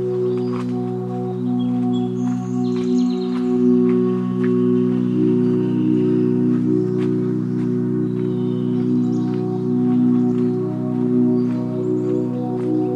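At Oaks Bottom along the Willamette River, a steady, low droning hum fills the whole recording, its pitch shifting slightly around the fourth second. Scattered high bird chirps and short calls break in every second or so above it.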